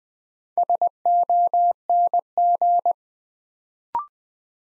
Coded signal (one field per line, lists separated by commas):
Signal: Morse code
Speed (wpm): 20 wpm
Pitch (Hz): 700 Hz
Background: none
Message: SONG